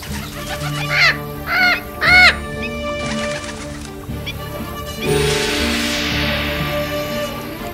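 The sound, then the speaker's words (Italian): During a bird attack, a crow caws three times in quick succession, harsh and loud, over a dense, chaotic background that swells into a rushing, hissing din in the second half. “Non ho mai sentito di un uccello comportarsi così.”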